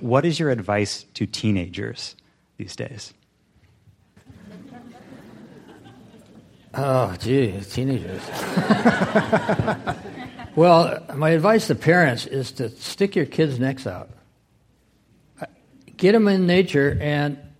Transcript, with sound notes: So what is your advice to teenagers these days?
Oh geez, teenagers.
[Laughter]
Well, my advice to parents is to stick your kid’s necks out. Get them in nature